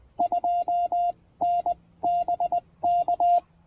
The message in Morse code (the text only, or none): 2N BK